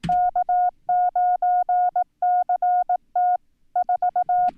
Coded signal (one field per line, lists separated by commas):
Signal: Morse code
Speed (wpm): 18 wpm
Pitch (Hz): 720 Hz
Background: none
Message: K9CT 4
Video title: Setting up N1MM with CW